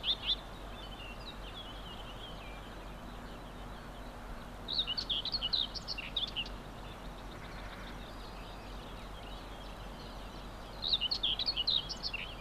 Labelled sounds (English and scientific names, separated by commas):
Common Whitethroat (Sylvia communis) song